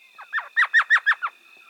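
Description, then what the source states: Elf Owl chattering call, a quick series of several high yelping notes, with steady high tones behind. Tiny owl of the southwestern deserts, weighing under 2 ounces; one of 19 owl species in the U.S. and Canada.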